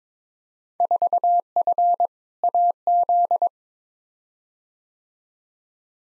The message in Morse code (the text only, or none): 4F AZ